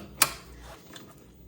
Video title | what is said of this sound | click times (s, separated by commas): How to Embroider the Side of a Cap - Happy Japan HCD3 1501 Cap Driver Tutorial | Hear that click? Clicked all around. | 0.2 s